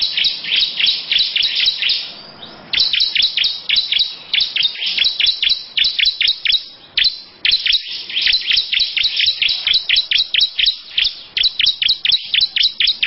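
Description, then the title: Lovebird giving a long ngekek run: rapid, high shrill chirps repeated in quick succession, pausing briefly twice before resuming. Long "ngekek panjang" song. "Audio Lovebird Ngekek Panjang Ciblek"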